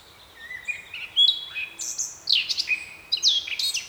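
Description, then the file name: Eurasian blackcap warbling, short bursts of varied chattering and whistled notes with a few louder fluty slurs toward the end. "Sylvia atricapilla"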